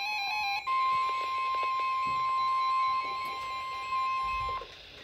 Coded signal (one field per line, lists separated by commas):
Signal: Emergency Alert System (SAME) tones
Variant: 1050 Hz attention tone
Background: music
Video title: Flash Flood Warning (EAS #1,214) 9/13/19